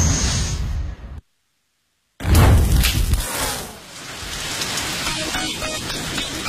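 Steady, hissing rainfall cuts out for about a second of silence, then returns with a heavy low rumble and a dense spray of patter that settles into a softer, even shower.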